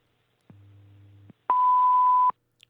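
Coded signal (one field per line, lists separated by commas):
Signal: radio time signal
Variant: WWV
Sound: low quiet hum for under a second, then one loud steady 1 kHz beep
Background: radio static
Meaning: The 0.8-second 1000 Hz tone marks the start of a new minute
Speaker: at the tone 17 hours 1 minute coordinated universal time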